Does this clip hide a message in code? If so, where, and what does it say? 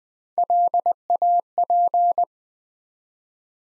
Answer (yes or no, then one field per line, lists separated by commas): yes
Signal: Morse code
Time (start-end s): 0.4-2.2 s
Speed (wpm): 20 wpm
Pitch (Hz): 700 Hz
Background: none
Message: LAP